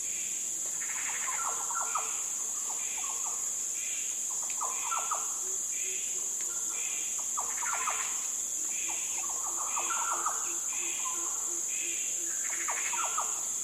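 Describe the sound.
Yellow oriole calls: clear fluty phrases of several notes, repeated many times, over a constant high hiss.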